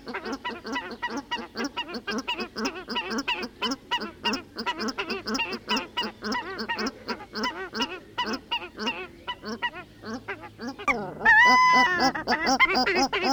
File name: paradise duck song